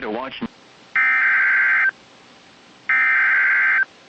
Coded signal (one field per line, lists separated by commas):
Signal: Emergency Alert System (SAME) tones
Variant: header bursts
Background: speech